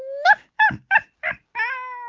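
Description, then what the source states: Eurasian jay calls: a tonal note, then four clipped nasal bursts and a longer, level, mewing note at the end. Recorded 28 February 2019.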